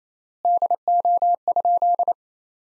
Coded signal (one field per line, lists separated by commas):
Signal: Morse code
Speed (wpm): 28 wpm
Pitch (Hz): 700 Hz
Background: none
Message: DO?